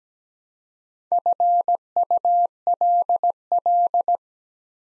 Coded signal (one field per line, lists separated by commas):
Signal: Morse code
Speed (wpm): 17 wpm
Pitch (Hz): 700 Hz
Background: none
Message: FULL